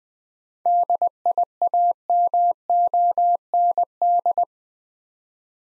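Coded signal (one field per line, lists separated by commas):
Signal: Morse code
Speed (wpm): 20 wpm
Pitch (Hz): 700 Hz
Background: none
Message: DIAMOND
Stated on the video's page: Morse practice at 20 wpm: seven-letter words for head-copy, each sent twice with spoken hints between.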